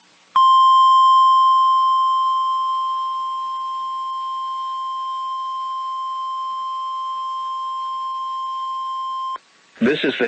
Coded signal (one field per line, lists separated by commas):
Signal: Emergency Alert System (SAME) tones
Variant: 1050 Hz attention tone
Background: speech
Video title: EAS 2x Required Weekly Test NW Wisconsin and Statewide NOAA Weather Radio and AM/FM